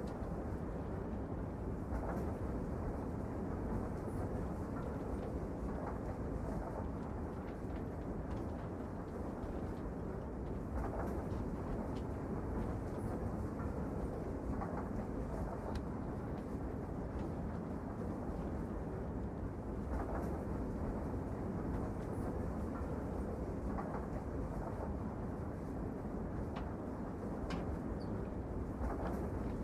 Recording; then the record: background sound without coughing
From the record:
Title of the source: Train Ride Ambience ambient white noise for sleeping, focus, studying, reading